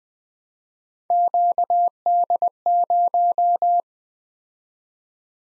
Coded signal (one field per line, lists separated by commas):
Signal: Morse code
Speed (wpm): 20 wpm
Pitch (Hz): 700 Hz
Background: none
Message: QD0